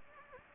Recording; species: mosquito wingbeat signal from an infrared sensor; Anopheles gambiae